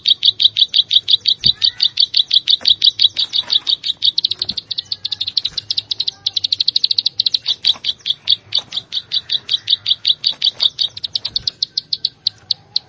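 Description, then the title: Plain Prinia song: a continuous, rapid train of buzzy, clicking notes kept up throughout. "Ciblek Sawah"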